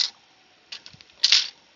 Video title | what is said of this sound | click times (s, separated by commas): Unboxing Online Exclusives In Da Craft Room | got to make sure it clicks in right right | 1.2 s